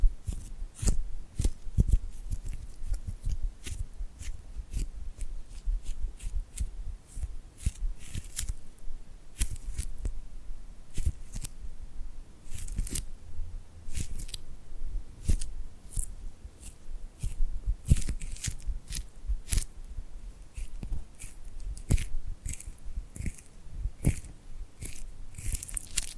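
Tingly glued hand sounds: sticky, crackling peels and taps as hands press together and pull apart. Sharp bright clicks and crunches come in irregular bursts, several per second, throughout the whole clip, over a low soft rumble of handling.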